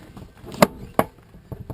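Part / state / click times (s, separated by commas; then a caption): urine container into composting toilet base / seated / 0.6 s, 1.0 s. A plastic urine catch container is pushed into the base of an Air Head composting toilet, locking into place with two sharp snaps at 0.6 s and 1.0 s. Faint rustling precedes the snaps, and two soft knocks follow near 1.5 s and 1.7 s.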